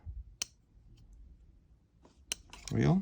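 The blade of a genuine Spyderco Para 3 folding knife is swung so its compression lock engages, giving sharp clicks at 0.4 s and 2.3 s. Someone talks briefly at the end. The lock clicks into place, marking the real knife.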